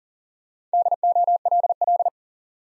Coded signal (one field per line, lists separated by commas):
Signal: Morse code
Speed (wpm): 40 wpm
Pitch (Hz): 700 Hz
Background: none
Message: DOLL